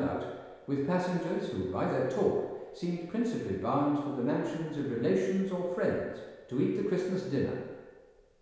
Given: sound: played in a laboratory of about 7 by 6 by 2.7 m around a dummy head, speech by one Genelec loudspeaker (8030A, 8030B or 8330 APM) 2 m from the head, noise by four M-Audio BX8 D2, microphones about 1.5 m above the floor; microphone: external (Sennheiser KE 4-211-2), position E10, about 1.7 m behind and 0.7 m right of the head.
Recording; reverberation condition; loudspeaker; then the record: male speech in English; high; 120 degrees to the right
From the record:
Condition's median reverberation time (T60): about 1300 ms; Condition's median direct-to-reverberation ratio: about -4.0 dB